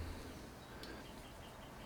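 A magazine base plate is being slid along its slots onto the bottom of a Springfield Hellcat pistol magazine body and pushed in to seat the spring tab. Only a steady, low hiss is heard, with no distinct click or snap. The plate has not seated or clicked home yet.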